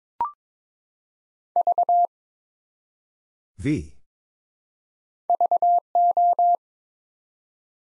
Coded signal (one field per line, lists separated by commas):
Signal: Morse code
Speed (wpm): 22 wpm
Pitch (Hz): 700 Hz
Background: none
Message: V VO